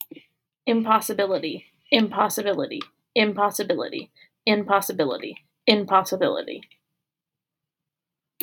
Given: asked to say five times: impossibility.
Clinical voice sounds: repeated word; female; 20 to 29 years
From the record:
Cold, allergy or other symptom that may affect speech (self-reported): no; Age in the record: 25 years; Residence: Georgia, United States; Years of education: 13

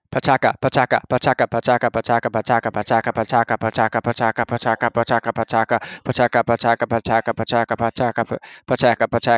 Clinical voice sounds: repeated syllables /pa ta ka/; male; 20 to 29 years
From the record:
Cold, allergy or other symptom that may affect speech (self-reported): no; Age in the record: 25 years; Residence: Maryland, United States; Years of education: 12

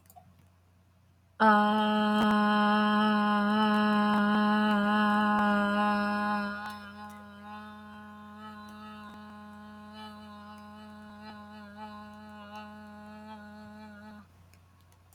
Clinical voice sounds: vowel held as long as possible; female; 20 to 29 years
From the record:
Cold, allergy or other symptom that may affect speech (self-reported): no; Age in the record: 26 years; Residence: Texas, United States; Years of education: 16

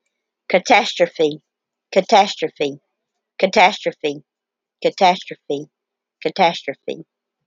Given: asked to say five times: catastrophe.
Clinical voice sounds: repeated word; female; 30 to 39 years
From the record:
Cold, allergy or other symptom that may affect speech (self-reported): no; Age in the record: 39 years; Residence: Alabama, United States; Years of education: 16

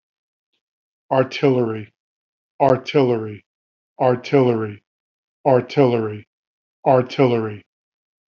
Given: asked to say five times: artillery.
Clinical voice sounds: repeated word; male; 50 to 59 years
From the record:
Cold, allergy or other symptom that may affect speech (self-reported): no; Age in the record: 58 years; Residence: Massachusetts, United States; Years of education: 19

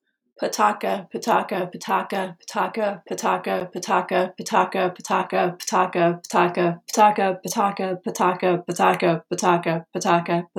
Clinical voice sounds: repeated syllables /pa ta ka/; female; 30 to 39 years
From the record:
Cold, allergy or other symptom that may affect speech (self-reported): no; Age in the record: 38 years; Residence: Colorado, United States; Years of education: 18

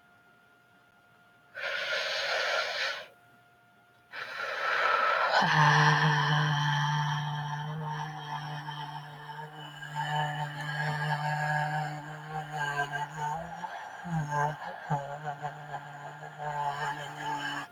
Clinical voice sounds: vowel held as long as possible; female; 30 to 39 years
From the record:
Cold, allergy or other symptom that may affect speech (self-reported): no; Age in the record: 35 years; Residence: California, United States

